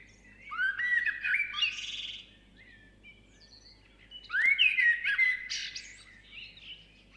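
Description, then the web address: Bird song in two warbling bursts, each starting with rising whistled slurs and ending in twittering notes, separated by a short pause. Birds at sunrise in the South Seas. "Suedsee vögel bei sonnenaufgang"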